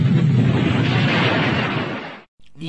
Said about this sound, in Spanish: Muy bien, y quedaron todos electrocutados con este trueno de Júpiter. Todos temblando por el trueno.